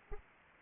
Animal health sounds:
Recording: mosquito wingbeat signal from an infrared sensor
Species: Anopheles arabiensis

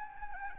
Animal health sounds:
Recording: mosquito wingbeat signal from an infrared sensor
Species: Anopheles gambiae

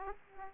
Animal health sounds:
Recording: mosquito wingbeat signal from an infrared sensor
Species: Aedes aegypti

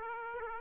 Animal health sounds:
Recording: mosquito wingbeat signal from an infrared sensor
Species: Aedes aegypti

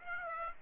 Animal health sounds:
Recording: mosquito wingbeat signal from an infrared sensor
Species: Aedes aegypti

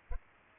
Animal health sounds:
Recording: mosquito wingbeat signal from an infrared sensor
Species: Culex pipiens

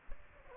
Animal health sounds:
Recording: mosquito wingbeat signal from an infrared sensor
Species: Aedes aegypti

